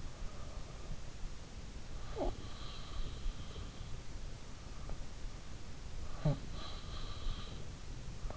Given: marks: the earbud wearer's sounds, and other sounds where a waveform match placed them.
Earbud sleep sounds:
sounds in sleep by an in-ear microphone; snoring breath
2.01-2.77 s: snoring breath
6.13-7.60 s: snoring breath

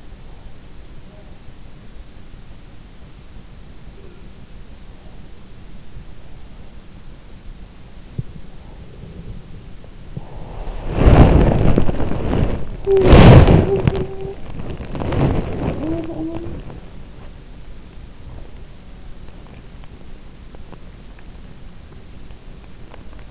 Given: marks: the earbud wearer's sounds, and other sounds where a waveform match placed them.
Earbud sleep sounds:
sounds in sleep by an in-ear microphone; breath, body movement
0.00-1.28 s: breath
3.90-5.31 s: breath
8.19-9.51 s: breath
9.87-23.31 s: body movement
12.89-14.42 s: sound from someone else or the room
15.73-16.56 s: sound from someone else or the room

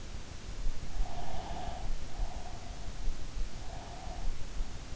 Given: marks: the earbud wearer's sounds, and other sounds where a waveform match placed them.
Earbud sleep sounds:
sounds in sleep by an in-ear microphone; breath
1.06-2.87 s: breath
3.59-4.92 s: breath

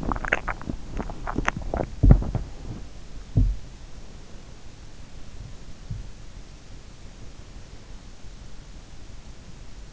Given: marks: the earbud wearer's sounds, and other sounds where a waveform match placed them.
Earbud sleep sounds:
sounds in sleep by an in-ear microphone; swallowing
0.00-4.72 s: swallowing

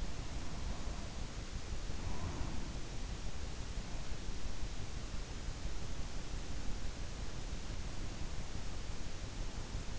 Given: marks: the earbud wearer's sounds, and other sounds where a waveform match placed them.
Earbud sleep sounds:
sounds in sleep by an in-ear microphone; breath
0.00-3.08 s: breath

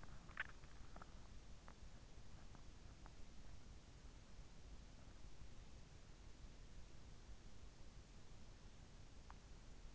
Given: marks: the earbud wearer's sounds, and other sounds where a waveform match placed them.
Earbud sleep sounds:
sounds in sleep by an in-ear microphone; swallowing
0.00-1.30 s: swallowing

